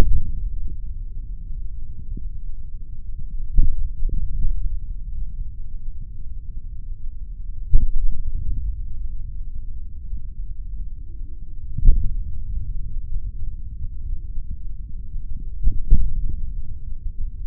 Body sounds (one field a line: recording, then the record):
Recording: forearm muscle sounds (acoustic myography)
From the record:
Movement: finger pinch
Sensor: system 3, bracelet of six PUI Audio POM-2738L microphones around the upper forearm, with dedicated amplification and filtering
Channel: 5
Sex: male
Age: 26 years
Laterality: right